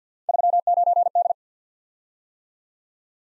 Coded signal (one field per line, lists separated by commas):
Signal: Morse code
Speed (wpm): 47 wpm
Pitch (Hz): 700 Hz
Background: none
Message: 39D